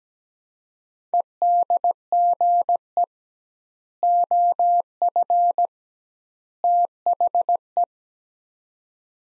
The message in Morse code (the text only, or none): EDGE OF THE